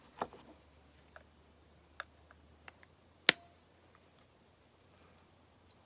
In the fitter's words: we go that locks into place and